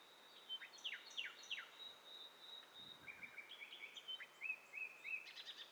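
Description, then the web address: Birds calling together: a series of sharp downslurred notes, then overlapping short chirps and a buzzy rattle, with high notes repeated throughout over light background noise. Mixture of several birds, in stereo, from a bird cocktail party challenge test set. "Hi Fi STEREO BIRD COCKTAIL PARTY Challenge"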